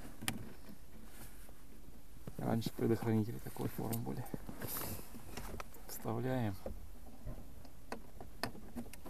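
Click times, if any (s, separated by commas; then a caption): none. An interior lamp housing is handled and pushed back toward its place in the plastic glovebox trim while someone talks, with a few faint sharp ticks of handling. Nothing has seated or clicked yet; the part is not yet home when the clip ends.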